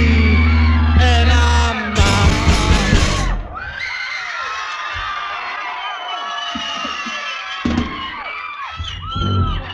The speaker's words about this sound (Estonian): Ära karju, ma tahan rääkida.